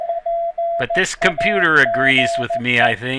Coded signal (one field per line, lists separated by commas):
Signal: Morse code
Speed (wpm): 15 wpm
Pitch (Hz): 680 Hz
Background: speech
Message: PAGE